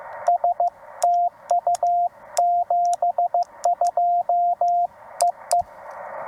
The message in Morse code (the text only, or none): S TU 72 EE